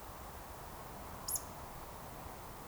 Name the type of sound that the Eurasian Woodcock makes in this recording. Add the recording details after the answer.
whistle. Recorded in Baden-Württemberg, Germany, on 14 June 2020 at 20:19 UTC. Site 43791, 788 m above sea level